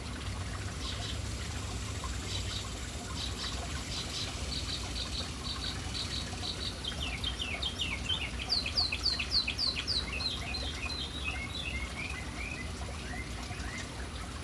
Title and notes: Urban birds at fountain. Relaxing sounds of City Birds hanging around fountain